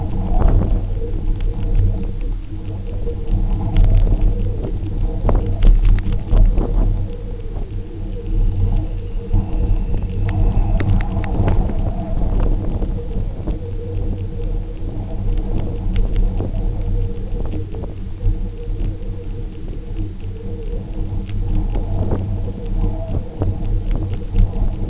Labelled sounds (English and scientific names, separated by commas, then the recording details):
Dunlin (Calidris alpina)
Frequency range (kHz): Dunlin (Calidris alpina) 2.1-3.4 kHz
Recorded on Arctic tundra, site UTQI-0, on 27 June 2018
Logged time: 10:00